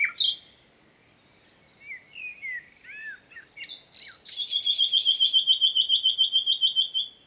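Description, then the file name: Common nightingale song: scattered chirps and rising whistled notes, building into a fast, steady run of loud repeated notes lasting about three seconds. "Luscinia megarhynchos"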